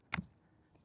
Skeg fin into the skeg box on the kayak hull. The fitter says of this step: and it locks into place with a little pin that clicks in below